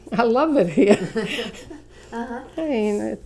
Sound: she laughs

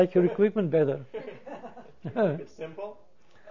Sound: they laugh

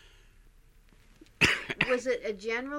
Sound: he coughs

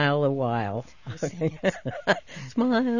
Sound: she laughs

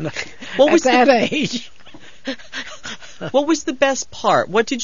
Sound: she laughs

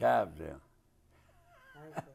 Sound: chuckles

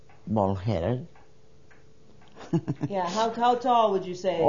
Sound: she laughs

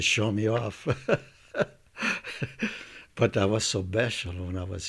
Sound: laughs

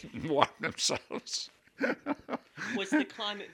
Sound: he laughs

